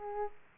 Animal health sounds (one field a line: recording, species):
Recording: mosquito wingbeat signal from an infrared sensor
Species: Aedes aegypti